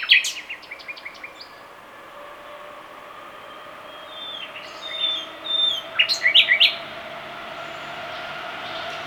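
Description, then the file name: Common nightingale song over a steady background hum: quick repeated notes at first, then a hush, then scattered whistles and a loud chattering phrase. "Luscinia megarhynchos"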